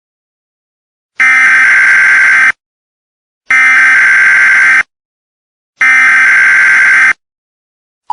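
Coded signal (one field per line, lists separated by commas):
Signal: Emergency Alert System (SAME) tones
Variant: header bursts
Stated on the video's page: Fictional scenario.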